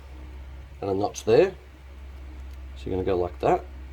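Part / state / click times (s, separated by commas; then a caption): HID bulb into its adapter bowl for the car headlight / not seated / none. An HID bulb is handled and lined up with the large and small notches on its flange against its adapter bowl for a Toyota 86 / GT86 / BRZ headlight, from a VLAND and Illumo HID kit. Someone talks in two short bursts over a steady low hum, and no distinct handling sounds stand out. Nothing has seated or clicked yet; the bulb has not yet been clicked shut into its bowl, which stays quite loose until it goes into the headlight.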